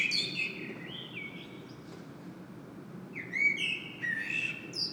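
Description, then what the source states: Common blackbird song with two phrases of fluty whistles and squeaky high flourishes separated by a short pause, over a low hum. Singing bird in Saint-Gilles, Belgium; recorded with a Sony PCM-M10 internal microphone.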